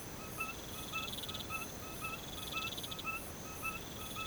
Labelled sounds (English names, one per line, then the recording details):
none
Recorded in pastures near Puerto Asís, Putumayo, Colombia, on 21 March 2025 at 03:00
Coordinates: 0.486, -76.323
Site G075